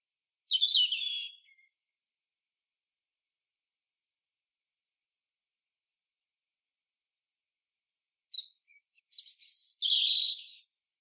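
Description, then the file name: European robin: one sweet, falling trilled phrase, long quiet, then a phrase of piercing high notes and a fluttering trill. "Erithacus rubecula"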